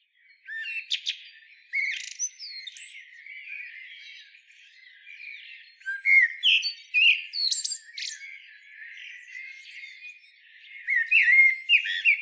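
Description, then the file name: Eurasian blackbird singing varied warbles, with louder phrases ending in high twittering flourishes around the middle and close of the passage. "Turdus merula"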